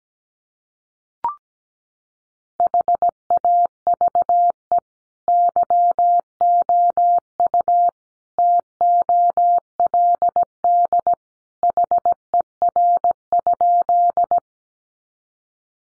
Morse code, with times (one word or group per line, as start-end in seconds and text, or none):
2.6-4.8 HAVE
5.3-7.9 YOU
8.4-11.1 TOLD
11.6-14.4 HER?